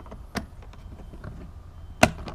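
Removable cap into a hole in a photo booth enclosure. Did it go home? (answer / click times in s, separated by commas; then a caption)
yes / 2.0 s. A removable cap is pushed one-handed into a hole in the enclosure of an EZ Photo Booth TS200. A softer tap comes at 0.4 s, then the cap snaps home with a sharp, loud click at 2.0 s, and it is seated.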